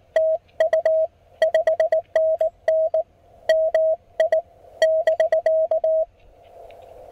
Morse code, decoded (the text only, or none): TU 5NN MI <BK>